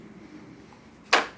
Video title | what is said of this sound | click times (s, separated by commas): Unboxing and Setting Up the STIHL MSA140C | the battery in there and then press all the way down till it clicks | 1.1 s